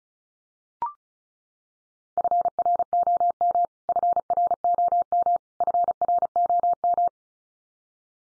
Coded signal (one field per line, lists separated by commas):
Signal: Morse code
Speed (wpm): 34 wpm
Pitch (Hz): 700 Hz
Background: none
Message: FROM FROM FROM